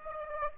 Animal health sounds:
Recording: mosquito wingbeat signal from an infrared sensor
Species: Aedes aegypti

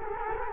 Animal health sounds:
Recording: mosquito wingbeat signal from an infrared sensor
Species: Culex quinquefasciatus

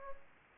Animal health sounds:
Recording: mosquito wingbeat signal from an infrared sensor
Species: Aedes albopictus

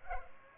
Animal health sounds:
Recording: mosquito wingbeat signal from an infrared sensor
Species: Culex pipiens

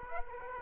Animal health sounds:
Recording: mosquito wingbeat signal from an infrared sensor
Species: Aedes aegypti

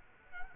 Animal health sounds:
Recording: mosquito wingbeat signal from an infrared sensor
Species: Culex quinquefasciatus

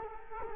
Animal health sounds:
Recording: mosquito wingbeat signal from an infrared sensor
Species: Culex quinquefasciatus

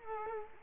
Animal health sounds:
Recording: mosquito wingbeat signal from an infrared sensor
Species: Culex quinquefasciatus

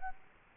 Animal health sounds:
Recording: mosquito wingbeat signal from an infrared sensor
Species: Culex quinquefasciatus

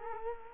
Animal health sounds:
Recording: mosquito wingbeat signal from an infrared sensor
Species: Culex quinquefasciatus

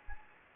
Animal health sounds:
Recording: mosquito wingbeat signal from an infrared sensor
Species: Anopheles gambiae

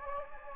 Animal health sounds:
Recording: mosquito wingbeat signal from an infrared sensor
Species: Anopheles gambiae

